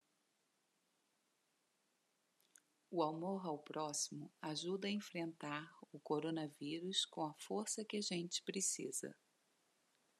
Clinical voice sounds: spoken sentence; Brazilian Portuguese; female; 40 to 49 years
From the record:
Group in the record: control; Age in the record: 49 years

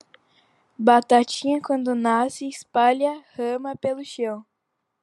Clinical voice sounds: short text; Brazilian Portuguese; female; 50 to 59 years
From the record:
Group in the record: control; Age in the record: 50 years

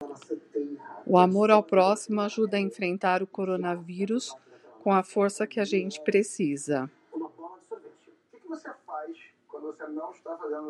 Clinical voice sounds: spoken sentence; Brazilian Portuguese; female; 50 to 59 years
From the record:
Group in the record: control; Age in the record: 59 years

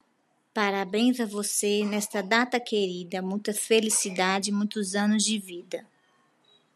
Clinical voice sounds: short text; Brazilian Portuguese; female; 40 to 49 years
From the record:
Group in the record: control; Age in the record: 42 years

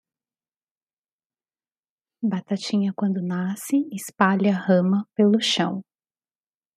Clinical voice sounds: short text; Brazilian Portuguese; female; 40 to 49 years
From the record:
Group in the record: control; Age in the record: 44 years

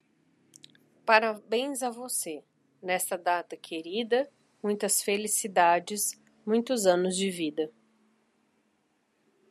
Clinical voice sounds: short text; Brazilian Portuguese; female; 40 to 49 years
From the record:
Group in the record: control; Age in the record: 48 years

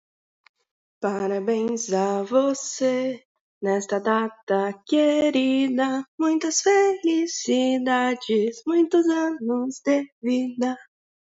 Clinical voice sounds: short text; Brazilian Portuguese; female; 18 to 19 years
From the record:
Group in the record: control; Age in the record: 19 years

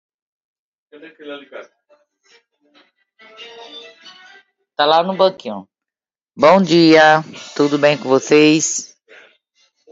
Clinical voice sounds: short text; Brazilian Portuguese; female; 60 to 69 years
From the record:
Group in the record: control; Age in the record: 62 years

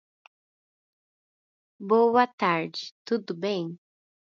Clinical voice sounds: spoken sentence; Brazilian Portuguese; female; 18 to 19 years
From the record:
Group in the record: control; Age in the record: 19 years

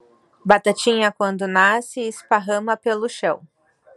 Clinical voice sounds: short text; Brazilian Portuguese; female; 30 to 39 years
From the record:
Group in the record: control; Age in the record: 37 years

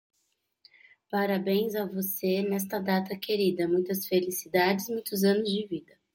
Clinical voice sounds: short text; Brazilian Portuguese; female; 20 to 29 years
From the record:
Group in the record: control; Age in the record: 25 years

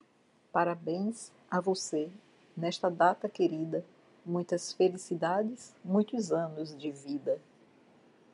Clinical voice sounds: short text; Brazilian Portuguese; female; 60 to 69 years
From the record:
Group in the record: control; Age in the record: 60 years

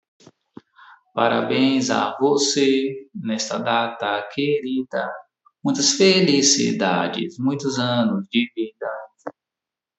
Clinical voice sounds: short text; Brazilian Portuguese; male; 40 to 49 years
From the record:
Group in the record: control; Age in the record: 43 years

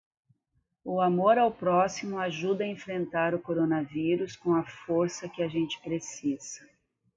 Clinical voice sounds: spoken sentence; Brazilian Portuguese; female; 50 to 59 years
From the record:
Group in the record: control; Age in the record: 56 years

